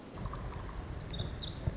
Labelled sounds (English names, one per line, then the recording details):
Pacific Wren
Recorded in Sonoma County, California